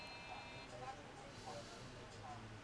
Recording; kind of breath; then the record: one breath in and out by a microphone near the nose and mouth; normal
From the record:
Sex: male